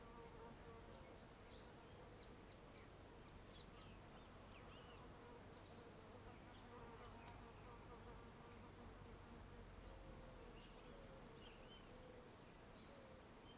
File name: Ambiencia descampado em fim de tarde com mosca, passaros e as vezes vaca